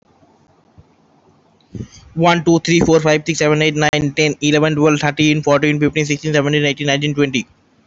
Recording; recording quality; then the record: counting at a fast pace; excellent, no background noise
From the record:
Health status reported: healthy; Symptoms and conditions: cold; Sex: male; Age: 22 years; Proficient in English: yes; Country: India